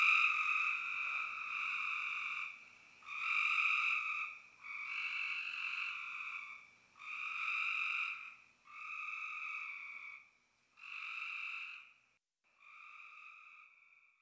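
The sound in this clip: Spring peepers sounding in separate shrill bursts of high peeping with short quiet gaps between, fading toward the end.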